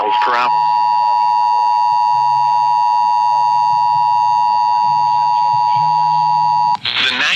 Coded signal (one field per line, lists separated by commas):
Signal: Emergency Alert System (SAME) tones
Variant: 853 and 960 Hz attention tone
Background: speech